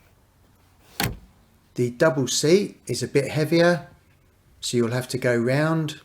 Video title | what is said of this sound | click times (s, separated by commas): How to make the Boot bigger on Audi A1 Sportback and remove Parcel Shelf and fold down rear Seats | , doar se blochează în poziție | 1.0 s